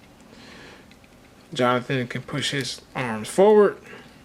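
A plastic action figure's hinged shoulder joint in the torso is handled and pushed forward while someone talks, with two faint, brief ticks near 0.9 and 1.0 seconds before the speech. Nothing has seated or clicked into place yet.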